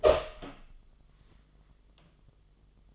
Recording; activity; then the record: daily activity, microphone in the room; open door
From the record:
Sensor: 4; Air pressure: 1005.8 hPa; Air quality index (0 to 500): 92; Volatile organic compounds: 2 ppm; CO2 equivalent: 1134 ppm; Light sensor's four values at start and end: 13/30/12/11 and 13/29/11/11